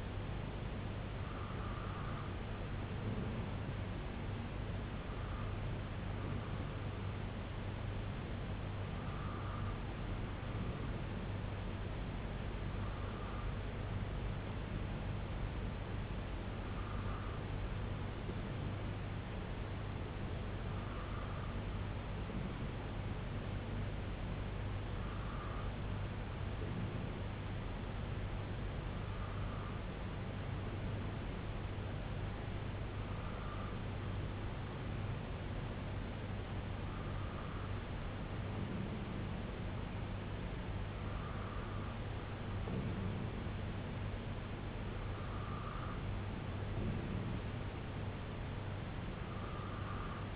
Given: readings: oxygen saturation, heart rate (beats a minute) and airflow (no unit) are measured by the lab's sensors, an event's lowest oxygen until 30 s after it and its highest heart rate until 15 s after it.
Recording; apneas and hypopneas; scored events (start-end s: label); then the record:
breathing in sleep by a voice recorder at the bedside; none
none scored
From the record:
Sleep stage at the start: N3 (deep sleep); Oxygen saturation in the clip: 93 to 94%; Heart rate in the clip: 63 to 68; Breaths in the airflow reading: 11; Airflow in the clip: -2.9 to 1.7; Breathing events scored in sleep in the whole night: 258 in 7.4 hours asleep